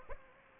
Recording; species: mosquito wingbeat signal from an infrared sensor; Aedes aegypti